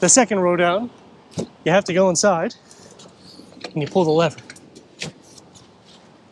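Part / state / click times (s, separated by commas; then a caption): second-row seat release latch in SUV / released / 5.0 s. Someone talks while the lever on the second-row seat of a 2024 Audi SQ7 SUV is pulled to fold the seat down for maximum cargo space. The seat's release latch clicks sharply at 5.0 s, and the seat is released.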